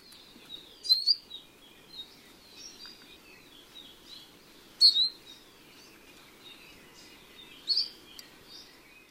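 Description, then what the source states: Anianiau call notes: soft, high two-syllable notes given singly every few seconds over a low, steady background hiss. Call notes, variable but soft and sweet in tone, most often of two or even three syllables.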